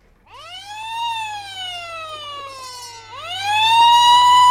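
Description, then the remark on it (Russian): A loud wailing alarm siren from Koshkin's alarm system sweeps up in pitch, glides slowly down, then climbs again and swells louder, sounding alone over a faint low hum. “Что такое? Что случилось? Тревога?”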